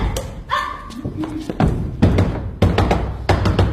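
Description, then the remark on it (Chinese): Someone pounds on a door in a series of heavy, irregular thuds, roughly six or seven blows spread out over a few seconds, with a brief vocal sound early on, while demanding that the door be opened. “哎哎，开门呀，我有话对你说。”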